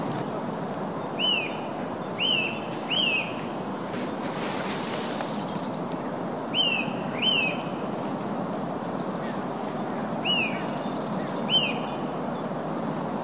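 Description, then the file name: Eurasian nuthatch calling with short, slurred whistles in loose pairs and a triplet, spaced a few seconds apart, against constant rushing noise like wind or surf. "Sitta europaea"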